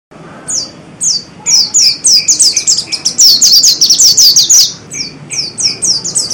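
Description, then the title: Oriental magpie-robin singing a rapid string of high, slurred chirps that bunch into a loud, dense burst midway, then slow to spaced downward notes. "Kicau Kacer"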